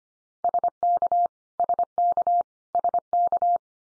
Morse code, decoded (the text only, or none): SK SK SK